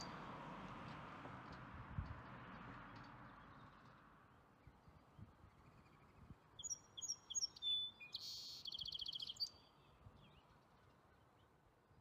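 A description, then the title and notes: Birdsong by a lakeshore at dusk. A soft rushing wash fills the first few seconds and fades, leaving a low rumble. Around the middle, a bird calls in quick, bright, repeated chirps, with a short buzzy trill before it falls quiet again. Birdsong, and the sun going down on nature, beside Lake Ontario, Canada.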